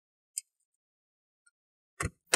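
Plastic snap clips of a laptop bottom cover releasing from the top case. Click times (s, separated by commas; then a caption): 0.4 s, 2.0 s, 2.3 s. A pry tool is worked along the left and right sides of the plastic bottom cover of an ASUS X515JA BQ504T laptop, unhooking its snap clips from the top case. Sharp clicks sound at 0.4, 2.0 and 2.3 seconds, with a faint tick near 1.5 seconds. The cover clips pop open and release.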